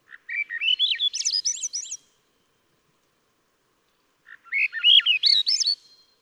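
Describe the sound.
Swainson's thrush song, two upward-spiralling whistled phrases that climb from low to high notes, with silence between.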